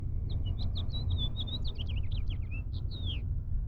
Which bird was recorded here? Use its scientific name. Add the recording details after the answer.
Haemorhous mexicanus. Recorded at Lawrence on Long Island, New York, on 4 June 1975. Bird F